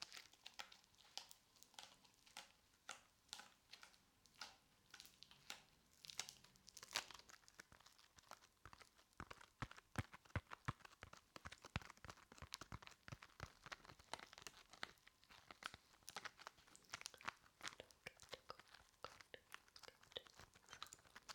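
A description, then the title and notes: Play foam squished and pulled apart gives dense, irregular bursts of sticky crackling and crinkling, bright and busy throughout, with brief louder snaps. ASMR Play Foam for Tingles Squishing and Sticky Sounds.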